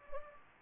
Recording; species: mosquito wingbeat signal from an infrared sensor; Anopheles gambiae